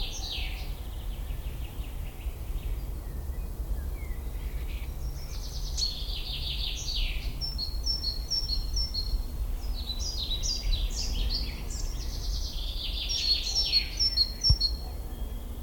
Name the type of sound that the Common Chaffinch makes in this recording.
song